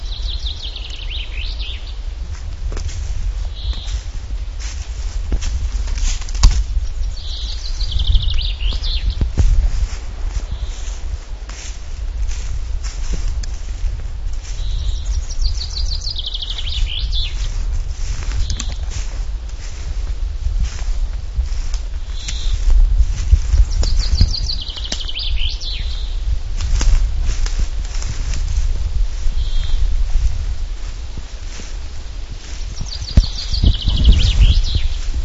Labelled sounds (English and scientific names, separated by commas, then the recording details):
Common Chaffinch (Fringilla coelebs) song
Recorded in the wild
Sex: male
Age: adult
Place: Halbinsel Kindo, Karelien, RU
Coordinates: 66.5392, 33.0892
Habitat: pine stand
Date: 1995-06-21 11:27
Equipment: Sony TCD-D3, Sennheiser MKH 416 T, Popschutz
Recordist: Frommolt, Karl-Heinz